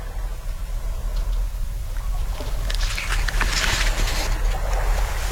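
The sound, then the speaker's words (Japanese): Ocean waves wash against the shore of Hateruma Island: a steady low rumble with a hissing surge of surf that swells midway through and slowly recedes. No voices are heard. “波照間島の波の音とアダンの風プロット集冒頭を朗読いたしました”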